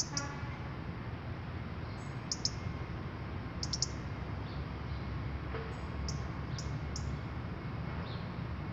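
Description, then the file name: European robin giving sparse, high clicking calls, some in pairs, plus a brief thin whistled note, over steady low-pitched background noise. "Erithacus rubecula"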